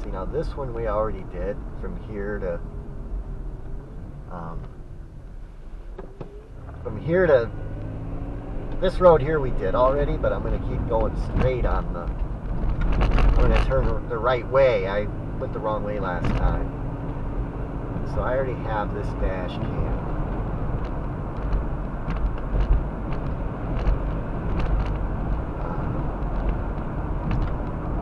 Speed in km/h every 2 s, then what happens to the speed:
32, 19, 3, 19, 35, 40, 40, 48, 56, 60, 63, 63, 66, 66.
0-3 brakes to 3. 5-9 speeds up to 40. 12-28 speeds up to 66.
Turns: none.